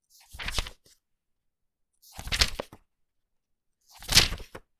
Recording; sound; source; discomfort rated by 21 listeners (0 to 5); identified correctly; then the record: sound for misophonia research; flipping newspaper; not oral or nasal; mean 0.93, standard deviation 1.11; in 42 of 42 trials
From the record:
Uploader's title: Page Turns - 1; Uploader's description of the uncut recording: Turning a page of a book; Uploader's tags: flipping, book, reading, newspaper, swoosh, books, paper, turn, flip, library, woosh, whoosh, page, pages, read, turning, flick